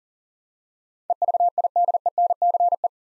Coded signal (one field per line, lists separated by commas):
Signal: Morse code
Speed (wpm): 38 wpm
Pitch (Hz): 700 Hz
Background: none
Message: EVIDENCE